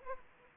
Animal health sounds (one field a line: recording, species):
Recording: mosquito wingbeat signal from an infrared sensor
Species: Anopheles arabiensis